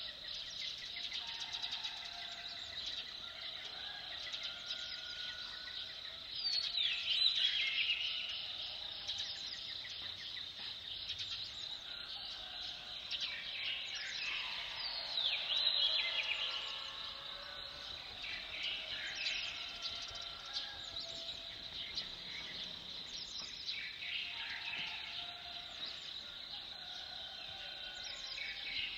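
A dense early-morning chorus of birds and insects fills the air, a steady bright layer of chirps, trills and buzzing that never lets up. Louder bird calls swell around seven and fifteen seconds, some sweeping downward. Low background noise stays quiet underneath.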